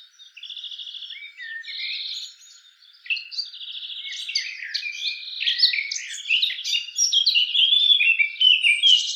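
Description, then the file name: Eurasian blackcap song starting with softer, subdued chattering notes that build into louder, clearer whistled and warbled phrases toward the end. "Sylvia atricapilla"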